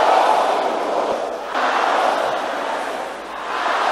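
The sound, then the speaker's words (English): A large group of people shouts together loudly and continuously, a dense roar of many voices that swells and dips slightly over the few seconds without pause, as a church audience shouts the three arrows: reproach, embarrassment and limitation. “Can you shout those three arrows loud?”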